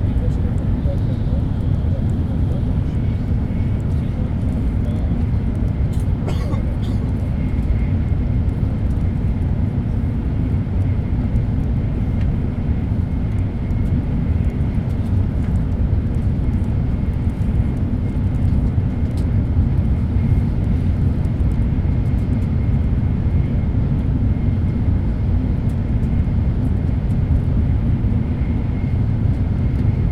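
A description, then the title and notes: Inside a high-speed train, a steady, dense low rumble and rushing roar fill the cabin without letup. Faint brighter whines and hisses sit above it, with a brief clatter around six seconds; otherwise the sound stays constant throughout. Internal Shinkansen Sound - Kyoto to Tokyo - Hikari Super Express. Sound recorded with Zoom H2N in 2 channel surround mode.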